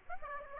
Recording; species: mosquito wingbeat signal from an infrared sensor; Aedes aegypti